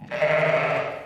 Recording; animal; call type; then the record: contact call of a hoofed animal; sheep; low-frequency (closed-mouth) or high-frequency (open-mouth) call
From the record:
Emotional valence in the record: negative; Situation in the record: short social isolation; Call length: 1.06 s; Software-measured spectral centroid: 1660 Hz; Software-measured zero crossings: 1980 a second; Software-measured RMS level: -23 dBFS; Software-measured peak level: -9 dBFS